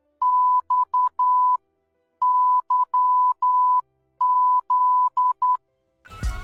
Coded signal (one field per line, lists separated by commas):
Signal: Morse code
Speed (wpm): 10 wpm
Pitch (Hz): 1000 Hz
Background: none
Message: XYZ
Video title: Morse Code